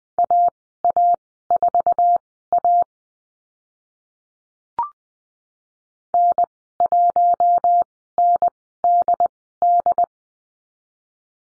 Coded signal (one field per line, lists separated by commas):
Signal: Morse code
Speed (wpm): 20 wpm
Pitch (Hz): 700 Hz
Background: none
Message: AA4A N1NDD